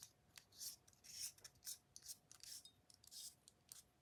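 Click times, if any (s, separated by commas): none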